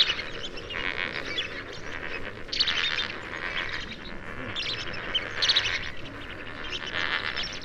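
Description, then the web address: Lesser flamingos calling together in a steady babble of nasal, honking notes that swells in waves and overlaps throughout. "cantos flamencoenano"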